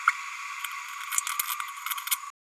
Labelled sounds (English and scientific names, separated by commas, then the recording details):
Green-rumped Parrotlet (Forpus passerinus) babbling
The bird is a female
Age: 31 days
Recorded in a nest box in Venezuela
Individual 17B102A6